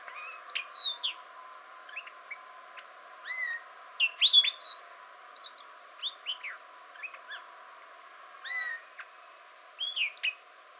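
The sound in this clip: Arabian grosbeak calls: short sharp chirps and downslurred notes, sometimes in quick clusters, with irregular pauses between bursts over a steady low hiss.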